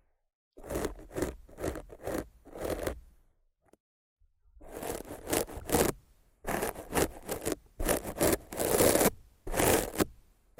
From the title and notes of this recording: ASMR Rough Mic Scratching & Brushing (No Talking).